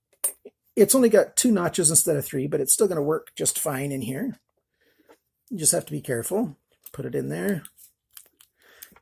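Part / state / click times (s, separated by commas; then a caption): razor blade into titanium pocket tool blade holder / seated / 8.8 s. Someone talks while a razor blade with only two notches instead of three is pushed into the blade slot of a titanium pocket tool. A few faint ticks come as the blade slides in, then a sharp click at 8.8 s as it catches in the notches and locks in place.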